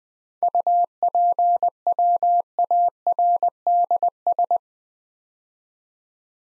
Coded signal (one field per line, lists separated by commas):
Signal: Morse code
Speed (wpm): 20 wpm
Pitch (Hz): 700 Hz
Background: none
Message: UPWARDS